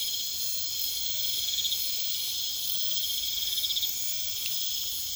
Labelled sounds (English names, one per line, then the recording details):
none
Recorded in pastures near Puerto Asís, Putumayo, Colombia, on 21 December 2024 at 21:30
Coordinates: 0.472, -76.329
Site G072